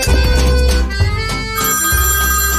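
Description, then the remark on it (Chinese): A telephone rings with a loud, steady electronic tone that shifts pitch in a few short steps, like a melodic ringtone, with no voices over it; the call is about a coffee delivery in a Beijing Music Radio skit. “喂，谁啊？”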